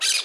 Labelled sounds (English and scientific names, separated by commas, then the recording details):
Brown-throated Parakeet (Eupsittula pertinax) contact call
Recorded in Margarita
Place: San Francisco, near stadium
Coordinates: 11.018, -64.294